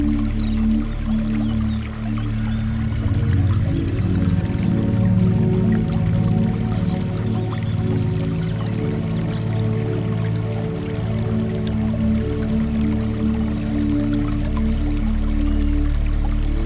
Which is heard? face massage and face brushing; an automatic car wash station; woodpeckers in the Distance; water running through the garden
water running through the garden